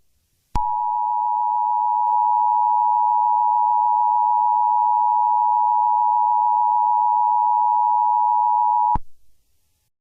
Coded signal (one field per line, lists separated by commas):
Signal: Emergency Alert System (SAME) tones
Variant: 853 and 960 Hz attention tone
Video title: EAS Scenario - The Intrusion